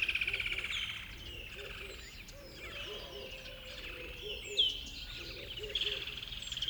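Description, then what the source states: Several birds calling: a fast trill at the start, then lower repeated chirping notes and scattered high, sharp calls, with another trill toward the end. Recorded at dawn by a river bed.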